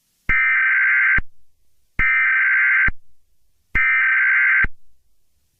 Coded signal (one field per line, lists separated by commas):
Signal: Emergency Alert System (SAME) tones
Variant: header bursts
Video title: EAS Scenario #84: Flying Toilets?